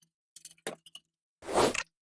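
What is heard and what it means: A plastic 12-pin power supply connector is pushed into its socket on a PC component, with a few small plastic knocks and scrapes leading up to a sharp click at 0.7 s as the latch catches and the connector seats. A louder, longer rustle follows near the end of the clip.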